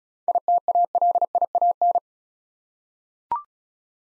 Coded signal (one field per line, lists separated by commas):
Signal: Morse code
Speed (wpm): 35 wpm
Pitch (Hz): 700 Hz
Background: none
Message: ITALIAN